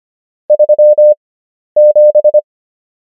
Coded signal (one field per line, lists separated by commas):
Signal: Morse code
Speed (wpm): 25 wpm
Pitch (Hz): 600 Hz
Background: none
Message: 37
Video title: morse code practice | 25wpm | 11fw | numbers | ENGLISH